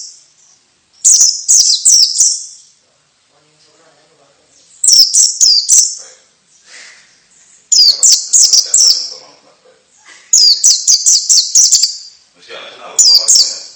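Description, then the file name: White-eye calls: bursts of several rapid, high, sharp chirps, repeated every few seconds with quiet between them. Female bird. "suara pleci betina"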